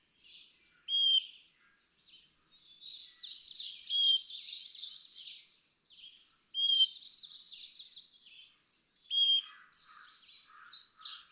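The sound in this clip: Carolina chickadee song: clear high and low whistled notes alternating in short phrases, repeated several times over a busy background of other chirping, buzzy birdsong.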